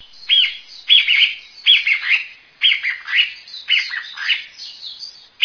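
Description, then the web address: Bird calls, harsh, scratchy notes given in short clusters, each group starting with a rising and falling note, repeated roughly every second. Recorded in Higashiosaka, Japan. "higashiosaka bird koe"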